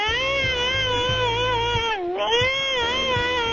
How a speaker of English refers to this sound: An animal that's notorious for whining. The New Guinea singing dog. That's all they do in the morning.